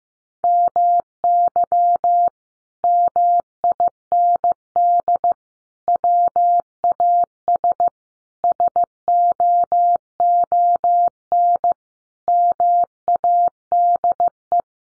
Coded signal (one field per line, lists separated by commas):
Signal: Morse code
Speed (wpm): 15 wpm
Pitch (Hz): 700 Hz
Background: none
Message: MY MIND WAS SOON MADE